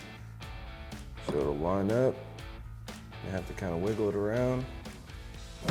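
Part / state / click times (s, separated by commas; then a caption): windshield panel into cab frame channels / not seated / none. A SuperATV 3-in-1 windshield panel is lined up on both side channels of a Can-Am Defender UTV cab frame and wiggled around to fit, while someone talks over background guitar music. Brief handling knocks are heard near 2.4 and 2.9 seconds, but the windshield has not locked into the channels yet.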